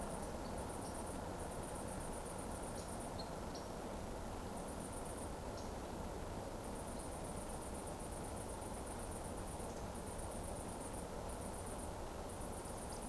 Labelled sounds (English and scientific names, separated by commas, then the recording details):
Eurasian Woodcock (Scolopax rusticola) whistle
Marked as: woodcock, whistle, whistle, whistle
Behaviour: display flight
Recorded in Baden-Württemberg, Germany, on 24 June 2020 at 20:34 UTC
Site 14569, 102 m above sea level